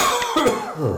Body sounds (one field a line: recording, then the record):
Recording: coughing mixed with background sound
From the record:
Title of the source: Mid-morning Winter Coughing Fit